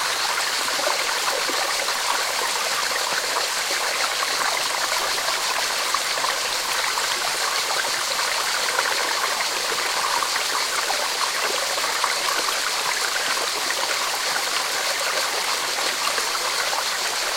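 Flowing water in nature runs steadily for the whole stretch, a dense, even rush with a bright, hissing edge and little low rumble. Fine splashing detail flickers through it without pause, and the level barely changes.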